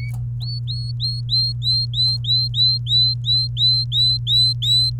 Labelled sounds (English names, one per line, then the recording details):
Domestic Canary song
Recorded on 29 April 2018 at 10:16
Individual llb3